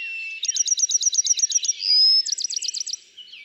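Bachman's sparrow song with a fast trill of repeated notes, a brief pure whistle, then a second quicker trill on a different note pattern.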